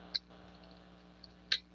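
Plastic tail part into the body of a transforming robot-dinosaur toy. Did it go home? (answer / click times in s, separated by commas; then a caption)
yes / 0.2 s, 1.5 s. A plastic tail section is pushed into the body of a transforming robot-dinosaur toy (Snarl) during its transformation, and it locks in with sharp clicks at 0.2 s and 1.5 s over a low steady hum. The tail joint is confirmed seated in place.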